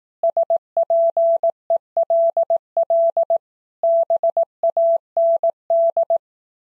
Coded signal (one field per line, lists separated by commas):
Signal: Morse code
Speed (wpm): 18 wpm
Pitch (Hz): 670 Hz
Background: none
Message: SPELL BAND